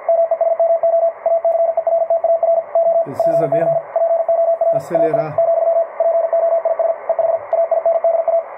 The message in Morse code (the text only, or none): MESMO ACERTAR O PC POR AI , POIS EH AINDA